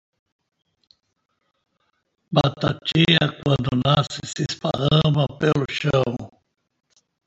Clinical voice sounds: short text; Brazilian Portuguese; male; 60 to 69 years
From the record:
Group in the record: control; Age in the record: 65 years

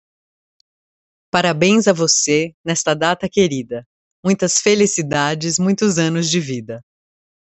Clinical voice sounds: short text; Brazilian Portuguese; female; 30 to 39 years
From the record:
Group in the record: control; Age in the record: 30 years

